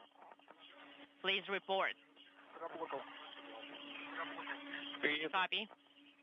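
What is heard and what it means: A hatch tool is being handled to latch an airlock hatch cover, but nothing has seated or clicked yet. Someone talks over a narrow-band, radio-like channel with a steady low hum underneath, and there is a faint tick near 0.5 s.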